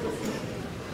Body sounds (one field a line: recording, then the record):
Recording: coughing mixed with background sound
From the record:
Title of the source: Spring Cold Coughing 3